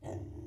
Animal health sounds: pig call; weaner (32 to 43 days)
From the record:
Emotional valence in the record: negative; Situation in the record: negative conditioning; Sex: female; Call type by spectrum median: low-frequency call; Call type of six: low-frequency stable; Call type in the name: low-frequency stable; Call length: 0.47 s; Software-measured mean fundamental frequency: 40 Hz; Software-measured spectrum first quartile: 101 Hz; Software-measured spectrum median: 256 Hz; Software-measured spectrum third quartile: 489 Hz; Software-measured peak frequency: 98 Hz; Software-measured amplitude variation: 145 dB a second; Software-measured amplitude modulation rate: 20.4 a second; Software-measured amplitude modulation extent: 7.1 dB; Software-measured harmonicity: -1.0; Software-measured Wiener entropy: 0.10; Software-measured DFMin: 793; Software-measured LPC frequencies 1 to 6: 353, 729, 1902, 2737, 3208, 3953 Hz

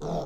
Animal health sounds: pig call; piglet (1 to 25 days)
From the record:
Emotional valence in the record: negative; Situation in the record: long isolation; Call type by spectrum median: low-frequency call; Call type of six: low-frequency stable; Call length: 0.26 s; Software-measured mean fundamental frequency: 52 Hz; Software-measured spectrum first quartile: 185 Hz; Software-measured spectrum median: 443 Hz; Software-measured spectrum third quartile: 707 Hz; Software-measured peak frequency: 679 Hz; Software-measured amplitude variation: 69 dB a second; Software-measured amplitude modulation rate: 21.1 a second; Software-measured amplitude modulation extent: 3.3 dB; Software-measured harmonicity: 0.7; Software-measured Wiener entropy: -0.42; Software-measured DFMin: 1329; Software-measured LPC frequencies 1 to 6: 632, 3514, 5501, 8791, 9609, 10399 Hz

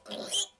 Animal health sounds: pig call; piglet (1 to 25 days)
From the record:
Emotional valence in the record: negative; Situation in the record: restrain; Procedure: back test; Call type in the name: high-frequency call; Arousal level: medium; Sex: female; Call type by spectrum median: high-frequency call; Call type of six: mixed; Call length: 0.59 s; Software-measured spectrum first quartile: 2700 Hz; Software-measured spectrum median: 4384 Hz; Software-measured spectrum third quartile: 8086 Hz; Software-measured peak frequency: 3072 Hz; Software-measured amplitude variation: 186 dB a second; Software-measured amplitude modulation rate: 21.9 a second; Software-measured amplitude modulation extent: 8.5 dB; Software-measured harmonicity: 5.2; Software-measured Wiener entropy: -2.35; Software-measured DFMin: 1115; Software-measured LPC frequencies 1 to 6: 585, 1509, 3101, 3966, 6901, 8028 Hz

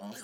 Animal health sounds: pig call; piglet (1 to 25 days)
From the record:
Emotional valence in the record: negative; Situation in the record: short isolation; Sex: male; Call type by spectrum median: low-frequency call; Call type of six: mixed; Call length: 0.24 s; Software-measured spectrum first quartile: 354 Hz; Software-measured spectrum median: 1376 Hz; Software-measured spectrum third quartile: 5888 Hz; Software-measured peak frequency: 218 Hz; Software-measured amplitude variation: 82 dB a second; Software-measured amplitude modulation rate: 14.3 a second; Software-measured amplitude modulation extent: 5.8 dB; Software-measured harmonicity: 3.6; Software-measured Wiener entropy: -2.77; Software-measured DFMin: 844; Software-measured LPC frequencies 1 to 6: 665, 1617, 3121, 4208, 4675, 5713 Hz

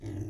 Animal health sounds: pig call; weaner (32 to 43 days)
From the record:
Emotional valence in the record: negative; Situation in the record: negative conditioning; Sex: female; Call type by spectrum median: low-frequency call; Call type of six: low-frequency stable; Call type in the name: low-frequency stable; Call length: 0.29 s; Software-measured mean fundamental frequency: 53 Hz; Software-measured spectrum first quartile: 100 Hz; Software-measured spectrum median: 190 Hz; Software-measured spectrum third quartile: 382 Hz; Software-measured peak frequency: 109 Hz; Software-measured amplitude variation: 121 dB a second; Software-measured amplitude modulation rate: 22.1 a second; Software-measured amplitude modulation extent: 5.5 dB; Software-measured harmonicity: -2.4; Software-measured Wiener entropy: -0.01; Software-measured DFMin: 998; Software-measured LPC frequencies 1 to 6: 312, 1947, 2934, 3657, 4603, 5596 Hz

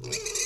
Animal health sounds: pig call; weaner (32 to 43 days)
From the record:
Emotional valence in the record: negative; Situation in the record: short isolation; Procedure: open field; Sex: female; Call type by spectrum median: high-frequency call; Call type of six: high-frequency stable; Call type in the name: high-frequency stable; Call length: 0.46 s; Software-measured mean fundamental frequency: 400 Hz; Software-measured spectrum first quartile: 1746 Hz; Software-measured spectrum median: 4654 Hz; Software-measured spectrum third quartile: 6528 Hz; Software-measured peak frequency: 431 Hz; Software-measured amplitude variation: 166 dB a second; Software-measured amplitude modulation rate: 20.6 a second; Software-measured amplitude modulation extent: 8.1 dB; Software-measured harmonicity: 2.2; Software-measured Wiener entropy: -2.39

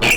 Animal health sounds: pig call; piglet (1 to 25 days)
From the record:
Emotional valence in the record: negative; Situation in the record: castration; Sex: male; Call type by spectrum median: low-frequency call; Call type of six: high-frequency stable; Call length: 0.17 s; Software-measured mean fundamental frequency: 294 Hz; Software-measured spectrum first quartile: 800 Hz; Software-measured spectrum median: 2316 Hz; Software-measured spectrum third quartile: 3021 Hz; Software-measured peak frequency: 2439 Hz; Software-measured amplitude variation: 74 dB a second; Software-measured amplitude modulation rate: 20.2 a second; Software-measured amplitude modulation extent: 3.7 dB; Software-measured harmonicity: 3.9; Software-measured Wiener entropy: -1.79

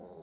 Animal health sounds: pig call; piglet (1 to 25 days)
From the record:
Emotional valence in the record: negative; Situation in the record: short isolation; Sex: male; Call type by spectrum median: low-frequency call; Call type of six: low-frequency stable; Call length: 0.22 s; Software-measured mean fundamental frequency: 52 Hz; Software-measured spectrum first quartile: 399 Hz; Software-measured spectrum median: 654 Hz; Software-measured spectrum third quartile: 2218 Hz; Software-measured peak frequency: 416 Hz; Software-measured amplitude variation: 76 dB a second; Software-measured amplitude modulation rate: 13.4 a second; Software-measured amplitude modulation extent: 5.7 dB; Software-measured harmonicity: 5.2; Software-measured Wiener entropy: -2.94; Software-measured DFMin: 1175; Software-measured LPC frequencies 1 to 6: 501, 3980, 6476, 7226, 8165, 8779 Hz

